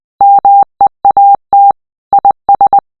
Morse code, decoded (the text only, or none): MEAT IS